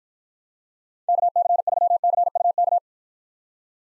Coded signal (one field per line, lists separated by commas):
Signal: Morse code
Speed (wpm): 53 wpm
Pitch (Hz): 700 Hz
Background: none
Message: KC3CUK